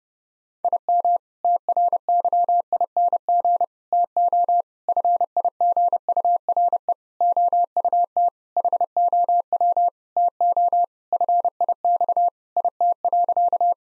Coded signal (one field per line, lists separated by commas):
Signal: Morse code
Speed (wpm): 30 wpm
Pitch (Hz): 700 Hz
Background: none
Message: IM TRYING TO FIGURE OUT HOW TO FIX IT.